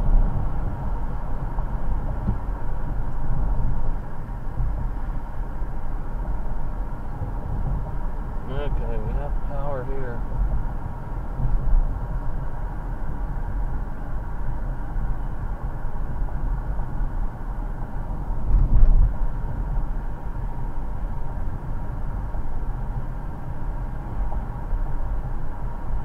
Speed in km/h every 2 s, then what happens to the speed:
53, 48, 47, 47, 47, 47, 45, 45, 44, 44, 45, 45, 47.
0-3 slows to 47. 3-26 steady at about 45.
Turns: none.